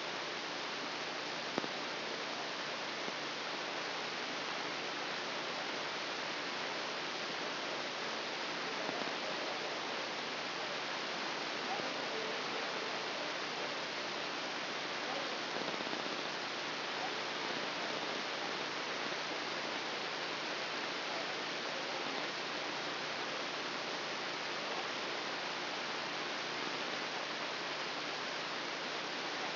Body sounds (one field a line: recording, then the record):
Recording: brain microelectrode recording played as sound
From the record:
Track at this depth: inside the subthalamic nucleus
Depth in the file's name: 3.108 mm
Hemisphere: left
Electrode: 2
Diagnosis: Parkinson's disease